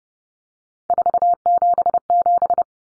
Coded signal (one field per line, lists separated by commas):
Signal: Morse code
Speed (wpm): 30 wpm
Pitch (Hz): 700 Hz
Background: none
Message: 477